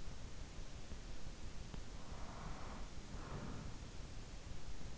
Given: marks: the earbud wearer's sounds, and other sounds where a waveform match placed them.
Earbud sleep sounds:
sounds in sleep by an in-ear microphone; breath
1.74-4.46 s: breath

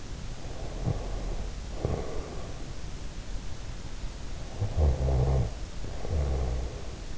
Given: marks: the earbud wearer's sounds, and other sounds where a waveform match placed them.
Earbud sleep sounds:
sounds in sleep by an in-ear microphone; breath, snoring breath
0.65-2.59 s: breath
4.60-7.18 s: snoring breath

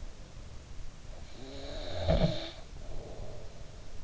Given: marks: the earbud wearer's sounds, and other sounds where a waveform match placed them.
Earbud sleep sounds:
sounds in sleep by an in-ear microphone; snoring breath
1.27-3.73 s: snoring breath

